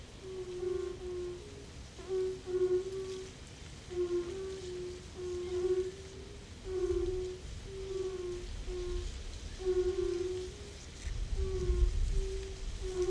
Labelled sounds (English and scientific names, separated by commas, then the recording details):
Fire-Bellied Toad (Bombina bombina) call
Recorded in the wild
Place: Gorleben, OT Meetschow, Wendland, Niedersachsen, DE
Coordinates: 53.0483, 11.3881
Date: 1969-05-24
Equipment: Uher 4000 Report-S, Bändchenmikro Beyer M 260, Parabolspiegel Polyester (470 mm)
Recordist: Conrads, Klaus